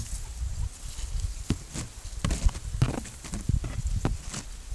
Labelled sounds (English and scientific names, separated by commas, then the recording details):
none
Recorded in pastures near Puerto Asís, Putumayo, Colombia, on 22 December 2024 at 13:30
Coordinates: 0.487, -76.322
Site GP09